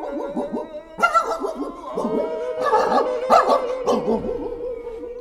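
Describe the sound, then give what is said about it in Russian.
Several police dogs of the City of Fools, hired by Karabas-Barabas, bark and yelp in overlapping bursts, sharp loud barks breaking out again and again over a steady background of higher, whining yips, with no one speaking. “Он нанял в городе дураков, полицейских собак, и поклялся схватить меня живым или мертвым.”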